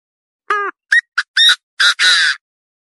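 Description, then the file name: Partridge call, a rapid harsh series: one harmonic note, three clipped rising notes, and two loud raspy squawks closing the phrase. "Tieng ga go"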